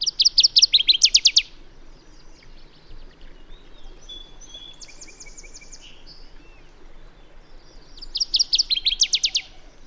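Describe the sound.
Bird song: a quick burst of high, sharp repeated notes opens, thin whistles and chatter follow in the middle, and another rapid high series closes.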